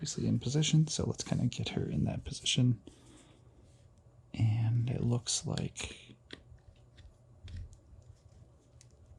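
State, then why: Not seated. Someone talks while positioning the detachable wing piece of a resin/polystone display statue against its socket on the figure's back. After the talking, a few faint, sharp ticks and handling taps follow. Nothing has clicked or seated yet.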